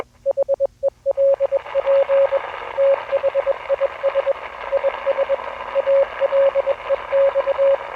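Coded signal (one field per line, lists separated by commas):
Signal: Morse code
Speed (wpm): 21 wpm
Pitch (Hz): 550 Hz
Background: radio noise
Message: HELP THIS IS ALEX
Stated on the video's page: Fictional analog horror Morse radio signal.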